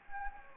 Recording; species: mosquito wingbeat signal from an infrared sensor; Anopheles gambiae